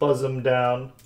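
During robot-mode conversion of a plastic Transformers Beast Wars Masterpiece MP-46 Blackarachnia figure, the neck and shoulder assembly is brought down toward the torso while someone talks. Nothing has seated or clicked yet; the clip ends just before the assembly locks into place.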